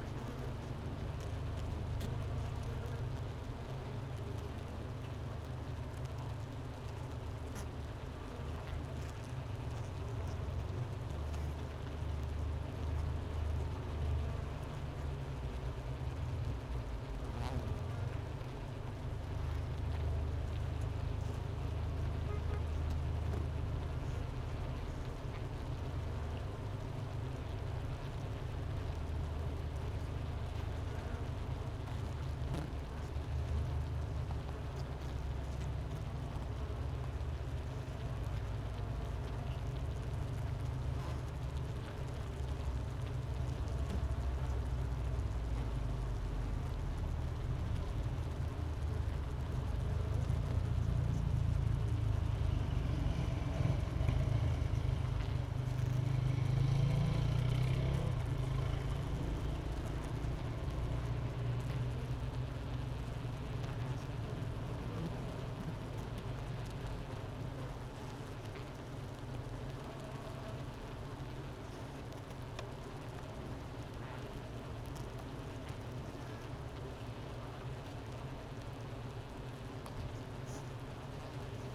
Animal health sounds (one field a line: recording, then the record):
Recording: honeybee colony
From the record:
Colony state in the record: missing queen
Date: 31 May 2018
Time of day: 10:14